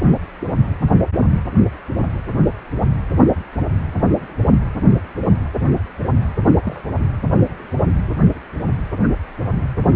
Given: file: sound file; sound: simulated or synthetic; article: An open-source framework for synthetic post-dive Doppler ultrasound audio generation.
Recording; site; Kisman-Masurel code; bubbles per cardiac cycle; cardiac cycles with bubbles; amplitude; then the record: Doppler ultrasound audio after a dive; precordial; 111; 1–2; 1–10%; barely perceptible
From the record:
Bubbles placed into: full cardiac cycles